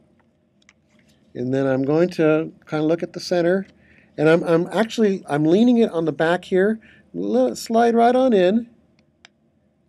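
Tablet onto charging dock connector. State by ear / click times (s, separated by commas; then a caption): seated / 9.2 s. An iPad tablet is leaned back against a charging dock and slid down onto the dock's center connector plug while someone talks. After the talking stops, a sharp click at 9.2 seconds marks the tablet seating onto the connector.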